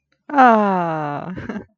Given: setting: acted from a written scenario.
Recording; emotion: vocal sound without words; adoration